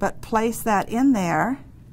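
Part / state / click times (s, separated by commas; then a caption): bobbin case into sewing machine hook assembly / not seated / none. A bobbin case is handled at the bobbin hook area of a longarm quilting machine, ready to be pushed into the hook assembly while someone talks. Nothing has seated or clicked yet.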